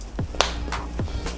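A replaceable filter is pressed onto the valve mount of a fabric face mask, with a sharp click at 0.4 s as it seats, over a background of music. The filter is confirmed seated.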